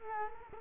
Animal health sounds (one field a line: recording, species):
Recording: mosquito wingbeat signal from an infrared sensor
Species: Culex quinquefasciatus